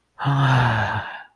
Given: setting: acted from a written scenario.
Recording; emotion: vocal sound without words; romantic love